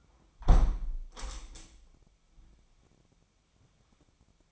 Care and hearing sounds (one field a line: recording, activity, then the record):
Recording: daily activity, microphone in the room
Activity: close window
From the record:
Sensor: 1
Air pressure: 997.9 hPa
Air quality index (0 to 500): 123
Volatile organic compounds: 3 ppm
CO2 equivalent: 1471 ppm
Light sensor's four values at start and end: 17/56/22/23 and 17/56/23/23